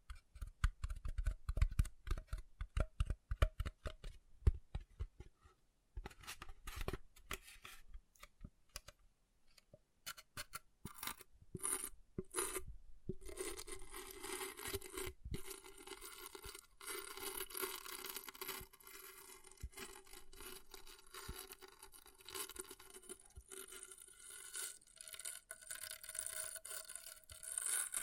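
An object scratches and scrapes against a surface. The first six seconds bring quick, irregular clicks and taps with low thumps, then a denser, continuous scraping takes over with brief pauses around ten to thirteen seconds. The rough, bright scratching grows steadier toward the end.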